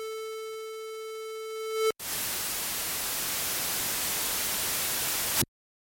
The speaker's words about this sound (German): Danach wird auch die Krisenberichterstattung aus Berlin vom Sender genommen. Das Radio schaltet sich ab. Der Rest ist Rauschen.